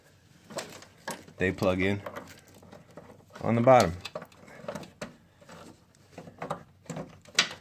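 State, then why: Seated. A large multi-pin plastic connector on a dual electric fan wiring harness is plugged into the bottom socket of the fan control module and pushed home until it clicks in, seating at about 7.4 s with a sharp, loud snap. Before that, someone talks over a series of small plastic taps and knocks as the connector is handled.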